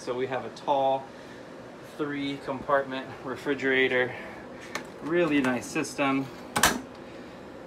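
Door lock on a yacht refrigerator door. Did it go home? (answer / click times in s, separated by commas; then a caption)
yes / 6.6 s. Someone talks while the door of a tall three-compartment refrigerator on a Beneteau Oceanis Yacht 62 is closed and its extra locks, fitted for use underway, are engaged. Two sharp clicks sound at 6.6 s and 6.6 s as the door lock clicks shut and seats in place.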